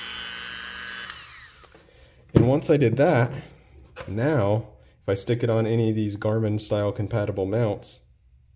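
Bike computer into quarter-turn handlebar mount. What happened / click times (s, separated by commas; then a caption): Handled, not yet seated: no clear seating click while the part is brought to its mount / none. A Bryton bike computer, whose plastic mount grooves have been deepened and widened, is handled beside a Garmin-style compatible quarter-turn handlebar mount. A steady whirring hum with layered tones fades out with a brief sharp tick at 1.1 s, then someone talks. Nothing has seated or clicked into the mount yet.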